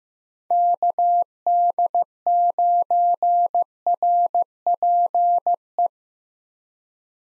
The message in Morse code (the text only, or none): KD9RPE